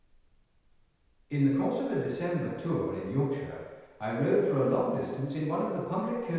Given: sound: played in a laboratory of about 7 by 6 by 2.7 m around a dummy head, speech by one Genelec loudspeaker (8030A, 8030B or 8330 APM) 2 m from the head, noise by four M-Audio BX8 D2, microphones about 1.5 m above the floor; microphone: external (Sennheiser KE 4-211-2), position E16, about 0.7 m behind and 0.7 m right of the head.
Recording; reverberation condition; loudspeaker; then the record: male speech in English; high; in front (0 degrees)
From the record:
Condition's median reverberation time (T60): about 1300 ms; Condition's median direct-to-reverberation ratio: about -4.0 dB